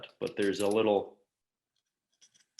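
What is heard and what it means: A plastic piece from a robot kit is pushed into a small groove in its chassis. Someone talks for about the first second, faint scraping follows, and a sharp click at 2.6 s marks the piece seating in the groove.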